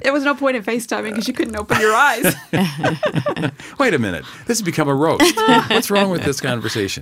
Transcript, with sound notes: There was no point in FaceTiming because you couldn’t open your eyes. (laughter)
Wait a minute—this has become a rope. What’s wrong with this conversation?